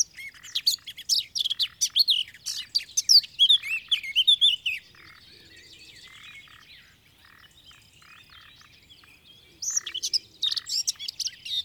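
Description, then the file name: Eurasian blackcap song: a burst of hurried, scratchy warbling for about five seconds, a long quiet gap, then another chattering phrase starts near the end. "Sylvia atricapilla"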